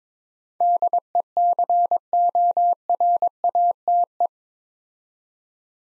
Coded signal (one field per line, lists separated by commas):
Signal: Morse code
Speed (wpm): 22 wpm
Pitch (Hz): 700 Hz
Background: none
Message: DECORATE